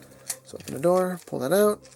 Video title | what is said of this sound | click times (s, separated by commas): JUST TRANSFORM IT!: MP-56 Masterpiece Trailbreaker | the doors they are in a little slider so pull them out until you hear them click | 0.3 s